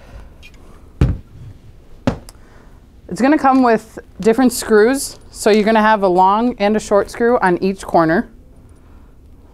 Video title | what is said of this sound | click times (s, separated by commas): How to Perform Initial Setup of a Rack Star Laser System | the frame then we'll just snap right into those there | 1.0 s, 2.1 s